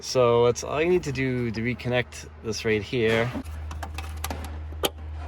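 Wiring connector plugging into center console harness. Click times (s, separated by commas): 4.9 s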